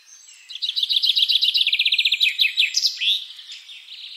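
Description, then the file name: Common chaffinch song: a rapid series of bright chipping notes that speeds into a tighter trill, then ends in a sharp flourish, with faint birds behind. "Fringilla coelebs"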